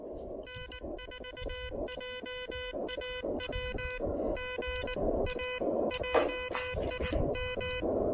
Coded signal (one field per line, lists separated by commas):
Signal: Morse code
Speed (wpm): 19 wpm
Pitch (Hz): 2000 Hz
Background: none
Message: N4JAW GA JIM